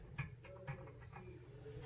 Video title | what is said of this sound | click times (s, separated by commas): Aquariums and reefs fish tanks RO Buddie +DI Assembly and Hookup | in clicks same | 0.2 s